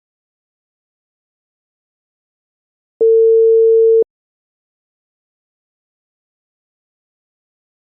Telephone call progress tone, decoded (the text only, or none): ringback tone